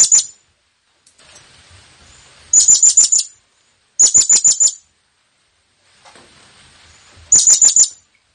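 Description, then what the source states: Blue-crowned hanging parrot repeats short bursts of rapid, very high, squeaky notes at uneven intervals, with faint hiss in the pauses. Presented as an effective lure call for attracting the bird; local name serindit.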